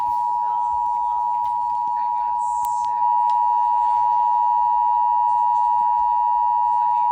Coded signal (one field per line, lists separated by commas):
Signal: Emergency Alert System (SAME) tones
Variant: 853 and 960 Hz attention tone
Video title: Eas Evi on wjon Eas#613